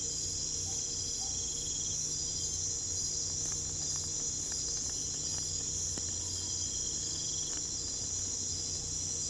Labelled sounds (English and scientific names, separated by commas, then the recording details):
none
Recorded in pastures near Puerto Asís, Putumayo, Colombia, on 22 December 2024 at 01:30
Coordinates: 0.487, -76.322
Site GP09